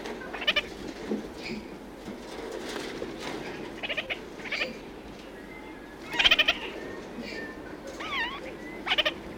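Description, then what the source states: Red-crowned parakeet giving brief pulsed chatter bursts at intervals, with other birds' whistles and rising notes scattered between them. New Zealand.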